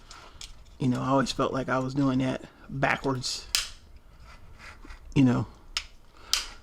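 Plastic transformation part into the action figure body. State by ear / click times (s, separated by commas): seated / 5.8 s, 6.3 s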